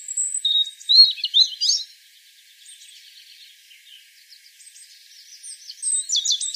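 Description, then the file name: European robin song: a high thin note and jumbled twittering phrase, a quiet pause with faint twitters, then more high scratchy warbling. "Erithacus rubecula"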